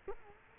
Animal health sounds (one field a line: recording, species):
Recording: mosquito wingbeat signal from an infrared sensor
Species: Culex quinquefasciatus